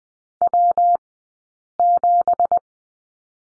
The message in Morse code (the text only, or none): W7